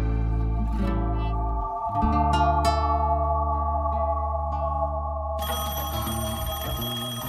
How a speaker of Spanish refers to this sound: En la Volche Radio suena el teléfono rojo.